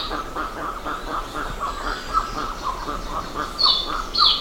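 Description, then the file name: Bird calls: steady repeated mid-pitched notes, nearly two a second, with a few bright high chirps toward the end. "SABIOD 50 bird 2015"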